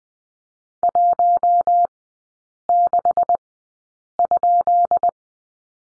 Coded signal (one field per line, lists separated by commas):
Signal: Morse code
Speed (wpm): 20 wpm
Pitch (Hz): 700 Hz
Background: none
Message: 16?